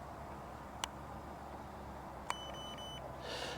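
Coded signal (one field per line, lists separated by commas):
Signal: beep code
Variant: drone controller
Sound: a button click, then three quick high beeps, followed by a soft rush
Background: room noise, clicks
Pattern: 3 short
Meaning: Three beeps mean the highest speed mode is selected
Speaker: That's 3 beeps, so that should be the highest speed.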